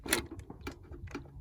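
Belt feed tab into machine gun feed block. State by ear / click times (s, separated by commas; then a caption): seated / 0.1 s. The feed tab of a cartridge belt, from an opened belt box, is pushed through the feed block of a Vickers machine gun, and a sharp click sounds at 0.1 s. Fainter ticks and knocks follow at about 0.4, 0.5, 0.7 and 1.2 s. The tab is seated and locked into place.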